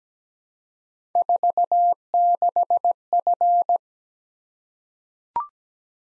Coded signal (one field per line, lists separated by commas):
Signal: Morse code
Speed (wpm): 17 wpm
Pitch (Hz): 700 Hz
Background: none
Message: 46F